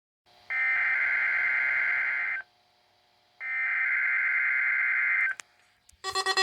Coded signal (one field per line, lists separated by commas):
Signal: Emergency Alert System (SAME) tones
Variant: header bursts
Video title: EAS #957: WXM20 Required Weekly Test (5/3/23)